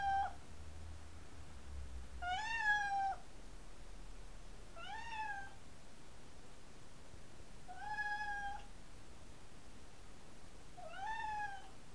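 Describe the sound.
Cat giving about five short meows, some rising then falling, repeated every two to three seconds against a low steady hiss.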